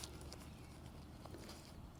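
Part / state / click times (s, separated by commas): inner tent clip into its mating buckle on the tent / seated / 0.3 s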